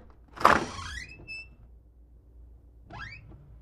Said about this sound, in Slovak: A pootvoril malilinko dvierka, len toľko, aby tam mohli dva pršteky vopchať.